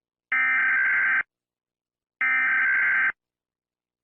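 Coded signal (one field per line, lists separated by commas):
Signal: Emergency Alert System (SAME) tones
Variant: header bursts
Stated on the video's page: Fictional EAS scenario tornado warning, simulated.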